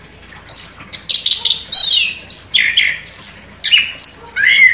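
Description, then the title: Orange-headed thrush song: a rapid series of varied high whistles, slurred notes and sharp chirps in short phrases. Indonesian title describes the bird as gacor, singing vigorously. "Anis Kembang Gacor"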